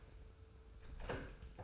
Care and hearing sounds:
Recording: daily activity, microphone in the room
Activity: close door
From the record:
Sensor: 2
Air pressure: 1015.1 hPa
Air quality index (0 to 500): 142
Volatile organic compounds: 5 ppm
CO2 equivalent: 1834 ppm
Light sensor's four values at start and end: 13/35/14/15 and 13/35/14/15

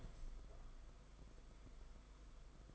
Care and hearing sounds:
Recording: daily activity, microphone in the room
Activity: open window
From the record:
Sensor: 5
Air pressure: 990.5 hPa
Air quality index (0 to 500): 164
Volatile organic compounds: 293 ppm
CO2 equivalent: 4466 ppm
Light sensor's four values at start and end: 17/41/17/18 and 17/41/17/18

